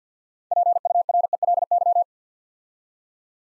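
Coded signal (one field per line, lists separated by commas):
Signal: Morse code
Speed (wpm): 50 wpm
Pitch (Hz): 700 Hz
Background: none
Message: PURELY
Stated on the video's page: Morse practice at 50 wpm: six-letter words sent two letters at a time, a word-building drill for instant character recognition.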